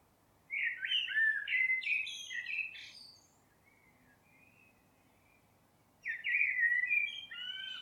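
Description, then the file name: Common blackbird singing a mellow fluted phrase with a high chattering tail, a long pause with a faint soft note, then another rich phrase begins. "Turdus merula"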